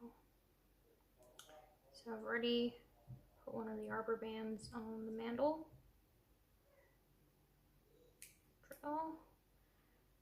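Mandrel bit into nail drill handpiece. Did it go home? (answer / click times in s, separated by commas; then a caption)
yes / 8.2 s. A mandrel bit fitted with a sanding band is inserted into a portable nail drill handpiece while someone talks. A sharp click at 8.2 s marks the bit locking into place, and it is confirmed seated.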